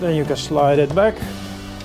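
Someone talks while an Enduro BC260 sliding bike carrier on a caravan drawbar rail is handled and slid back toward its lock, followed by a steady low hum from about 1.3 s to the end. Nothing has seated or clicked yet.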